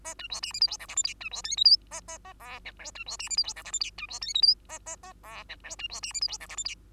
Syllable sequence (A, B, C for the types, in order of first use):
A B C D E F G H I J K B C L M N A A A O P Q B C D E F G H I J K B C L M N A A A O P Q B C D E F G H I J K